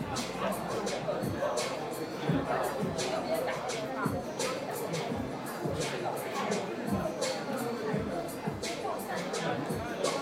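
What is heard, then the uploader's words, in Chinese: An Apple store in the evening at Sanlitun, Beijing, filled with a steady wash of overlapping voices and crowd chatter. The murmur stays dense and even throughout, with frequent sharp clicks, taps and knocks scattered across the ten seconds. 晚上八点的Apple店｜城市声音。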